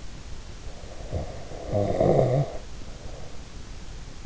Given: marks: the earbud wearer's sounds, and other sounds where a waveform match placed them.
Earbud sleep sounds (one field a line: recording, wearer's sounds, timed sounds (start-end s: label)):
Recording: sounds in sleep by an in-ear microphone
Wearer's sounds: snoring breath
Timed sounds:
0.77-3.62 s: snoring breath